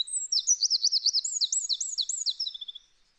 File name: Troglodytes troglodytes